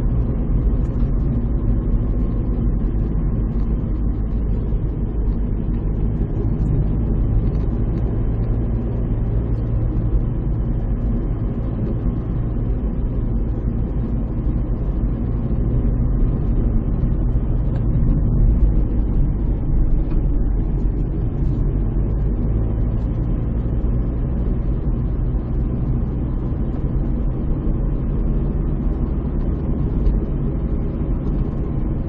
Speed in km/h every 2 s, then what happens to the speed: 39, 40, 39, 38, 44, 44, 45, 48, 46, 43, 33, 35, 44, 49, 54, 49.
0-6 steady at about 39. 6-8 speeds up to 44. 8-15 steady at about 44. 15-21 slows to 33. 21-28 speeds up to 54.